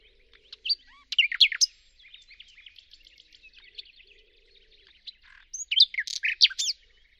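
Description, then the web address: Bird song of bright, sweeping high whistles and rapid chirps, loud bursts at the start and near the end with softer twittering between. "Deverinetal 2025. Bird Only"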